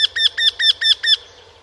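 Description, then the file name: Eurasian wryneck giving six arched notes in quick even succession, ending after about one second, with a faint low hum beneath. "Krętogłów"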